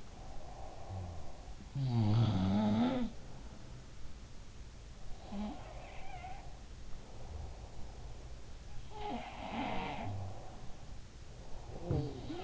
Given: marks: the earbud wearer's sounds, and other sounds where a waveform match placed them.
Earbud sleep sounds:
sounds in sleep by an in-ear microphone; breath
0.00-3.51 s: breath
1.59-4.25 s: sound from someone else or the room
5.10-7.57 s: sound from someone else or the room
5.10-8.48 s: breath
8.61-12.44 s: sound from someone else or the room
9.68-12.44 s: breath

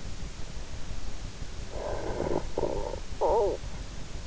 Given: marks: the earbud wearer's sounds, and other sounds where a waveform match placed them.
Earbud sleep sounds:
sounds in sleep by an in-ear microphone; snoring breath
1.30-3.96 s: snoring breath

